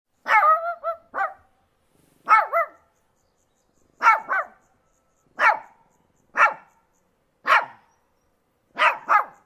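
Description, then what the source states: Shih Tzu giving high, tonal yappy barks, some doubled or tripled in quick bursts, about seven bark groups over nine seconds. Small dog barking.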